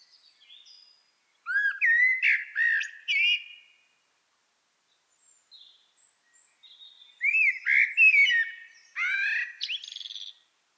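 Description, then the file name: Common blackbird warbling fluted phrases broken by sharp high twitters, one burst early and a longer one later, with faint thin notes between. "Turdus merula"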